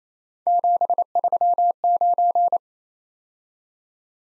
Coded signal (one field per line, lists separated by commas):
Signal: Morse code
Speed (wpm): 28 wpm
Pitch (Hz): 700 Hz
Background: none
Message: 739